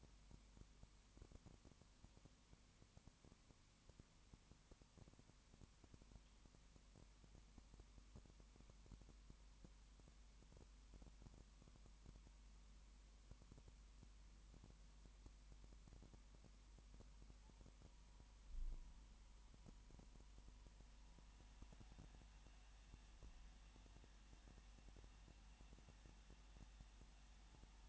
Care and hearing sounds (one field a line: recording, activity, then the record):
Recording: daily activity, microphone in the room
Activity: no activity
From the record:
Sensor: 1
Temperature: 19.7 degrees Celsius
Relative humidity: 40.5%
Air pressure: 1010.6 hPa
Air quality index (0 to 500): 208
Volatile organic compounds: 56 ppm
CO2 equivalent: 3366 ppm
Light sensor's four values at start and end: 1/2/1/1 and 1/2/1/1